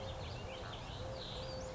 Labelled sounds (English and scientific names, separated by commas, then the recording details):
Western Flycatcher (Empidonax difficilis)
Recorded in Sonoma County, California